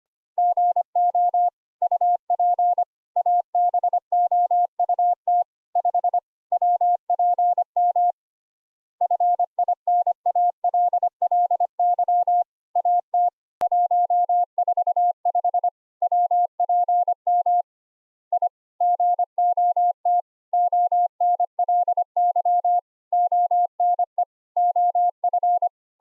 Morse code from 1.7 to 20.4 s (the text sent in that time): UP ABOUT 5 WPM FINALLY AT 145 WPM I GOT